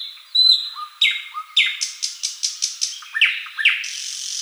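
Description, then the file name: Thrush nightingale song: a bright sustained whistle, then a rapid series of clicking notes and loud falling whistles, closing on a buzzy high note. "solovey obyknovennyy golos"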